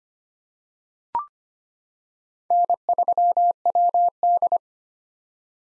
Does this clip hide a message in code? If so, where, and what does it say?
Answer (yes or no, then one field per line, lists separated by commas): yes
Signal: Morse code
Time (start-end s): 2.5-4.6 s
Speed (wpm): 25 wpm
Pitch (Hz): 700 Hz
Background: none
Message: N3WD